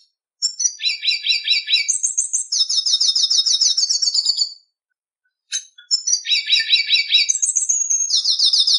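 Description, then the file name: Red siskin singing two long bursts of fast twittering, with repeated buzzy trills and sweeping high notes, broken by a brief pause. "Canto do pintassilgo da venezuela"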